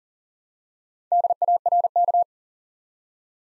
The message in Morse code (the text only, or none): DARK